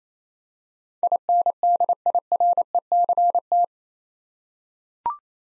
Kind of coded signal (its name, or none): Morse code